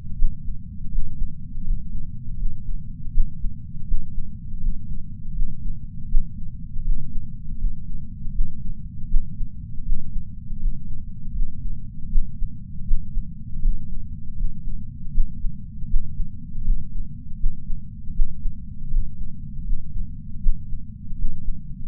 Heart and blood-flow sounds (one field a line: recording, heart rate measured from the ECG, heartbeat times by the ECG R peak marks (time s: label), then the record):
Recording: heart sounds by patch sensor on the chest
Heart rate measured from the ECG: 80 bpm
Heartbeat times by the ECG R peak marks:
0.16 s: heartbeat
0.90 s: heartbeat
1.63 s: heartbeat
2.36 s: heartbeat
3.12 s: heartbeat
3.86 s: heartbeat
4.59 s: heartbeat
5.33 s: heartbeat
6.08 s: heartbeat
6.83 s: heartbeat
7.57 s: heartbeat
8.32 s: heartbeat
9.08 s: heartbeat
9.84 s: heartbeat
10.58 s: heartbeat
11.33 s: heartbeat
12.09 s: heartbeat
12.85 s: heartbeat
13.60 s: heartbeat
14.35 s: heartbeat
15.12 s: heartbeat
15.88 s: heartbeat
16.63 s: heartbeat
17.37 s: heartbeat
18.13 s: heartbeat
18.89 s: heartbeat
19.64 s: heartbeat
20.40 s: heartbeat
21.16 s: heartbeat
From the record:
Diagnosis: coronary artery disease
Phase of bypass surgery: postoperative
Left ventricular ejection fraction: 54.4%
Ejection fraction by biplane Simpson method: 44%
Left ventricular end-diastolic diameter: 43 mm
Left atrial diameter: 34 mm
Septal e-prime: 5 cm/s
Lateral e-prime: 5.3 cm/s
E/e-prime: 15.7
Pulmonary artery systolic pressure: 21 mmHg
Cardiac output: 4.9 L/min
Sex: female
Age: 70 years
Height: 152 cm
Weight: 65 kg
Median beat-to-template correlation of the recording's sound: 0.82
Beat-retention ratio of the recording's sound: 0.98